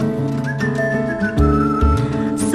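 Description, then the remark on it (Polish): A whistled melody glides through a few sustained, slightly wavering notes, riding over a full, steady musical accompaniment with a thumping low end. “Nuce gwiżdżę sobie.”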